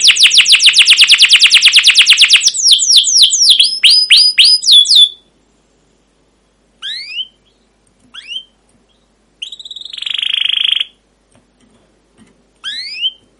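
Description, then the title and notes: Canary song: a fast rattling trill of rapid repeated notes, then rising chirps and slurred whistles, followed by scattered upward-sweeping calls with short silences between them. Caged canary song used as a lure to train and tutor young canaries to sing long, vigorous songs. "CUIT CUIT NGEROL LANGSUNG GACOR PANJANG Kenari Ini AMPUH Utk Pancingan KENAR. PANCINGAN Kenari GACOR PANJANG Cuit CUIT EMOSI ini AMPUH utk MASTERAN Kenari PAUD belajar BUNYI. burung kenari"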